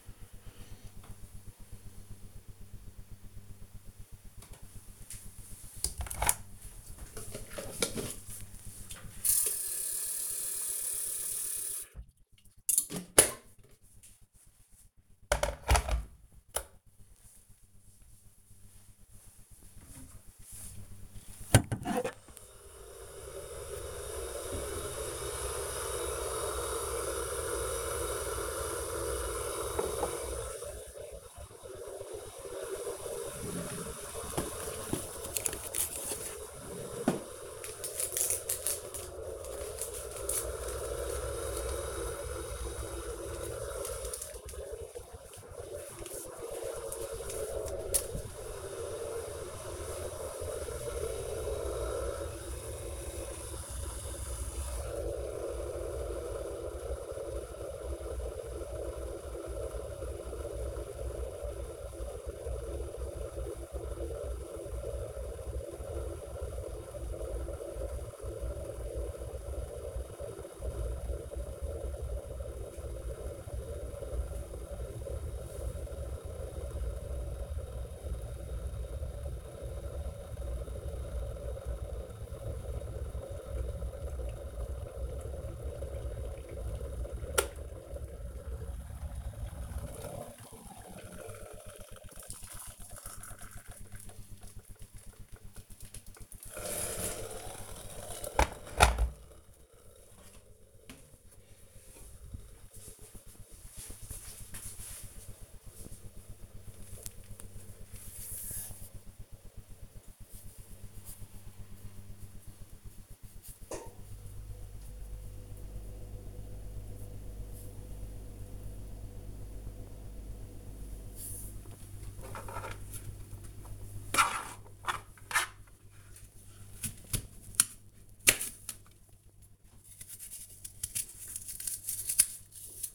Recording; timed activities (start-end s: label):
household activities, microphone on the right wrist
3.75-97.19 s: making tea
121.27-132.95 s: cutting vegetables